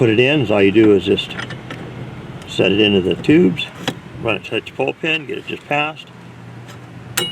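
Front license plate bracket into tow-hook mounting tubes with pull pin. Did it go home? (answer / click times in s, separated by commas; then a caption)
yes / 7.2 s. A front license plate bracket for a 2020-2023 Range Rover Velar R-Dynamic is set into the tow-hook mounting tubes and slid to the spring pull pin while someone talks. It is pushed just past the pin and up, and it latches with a sharp, loud click at 7.2 s, seating in place.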